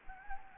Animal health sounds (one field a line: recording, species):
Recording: mosquito wingbeat signal from an infrared sensor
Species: Anopheles gambiae